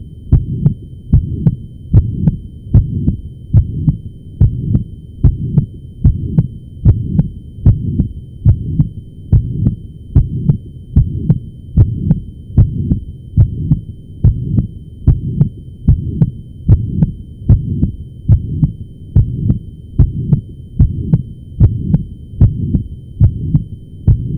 Holosystolic Blowing Crescendo.